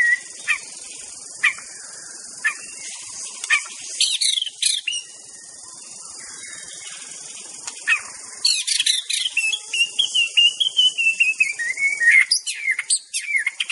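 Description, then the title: White-rumped shama song: scattered sharp whistled notes, then a long descending whistle and a quickening burst of rich varied phrases near the end, over a steady high hiss. Wild bird in forest. "Kicau Asli Murai Batu Hutan"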